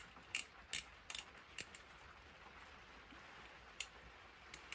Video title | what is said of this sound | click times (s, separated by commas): How to: Paint and add crew to Hornby’s Smokey Joe | as you see once the screw hits in place if you can hear that clicking sound | 0.4 s, 0.7 s, 1.1 s, 1.6 s